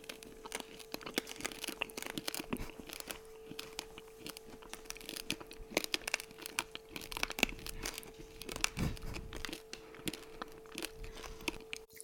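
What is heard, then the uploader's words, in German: Someone munches crunchy spiced biscuits, with dense, irregular crackling bites and crumbling snaps throughout. A steady low hum sits underneath the whole time, and a slightly louder, wetter stretch of chewing comes around the ninth second. Wir knuspern crunchy Spekulatius und schlabbern juicy Orangen. Gänsehautmomente verschaffen außerdem der brummende Kühlschrank und die knisternde Heizung.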